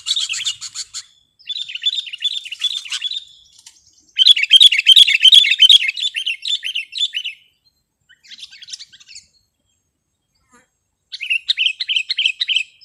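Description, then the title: Sooty-headed bulbul song: several bursts of rapid twittering and slurred whistles separated by silent gaps, the longest burst loud and dense. "kutilang"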